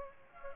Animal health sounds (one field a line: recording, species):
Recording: mosquito wingbeat signal from an infrared sensor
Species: Aedes aegypti